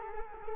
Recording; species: mosquito wingbeat signal from an infrared sensor; Culex quinquefasciatus